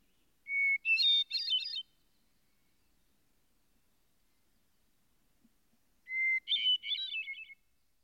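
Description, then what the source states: Hermit Thrush song: two phrases several seconds apart, each opening with a long pure whistled note followed by a higher, fluting, rapidly wavering flourish; silence between. Described as soaring above a chorus of warblers, thrushes, finches and flycatchers, a little withdrawn and alone; called a divine contralto.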